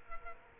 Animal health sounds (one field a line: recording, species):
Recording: mosquito wingbeat signal from an infrared sensor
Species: Culex quinquefasciatus